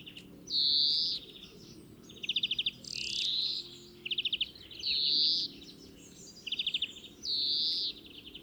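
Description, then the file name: European greenfinch giving drawn-out wheezy 'dzweee' notes that alternate with short, fast rattling trills. "Chloris chloris"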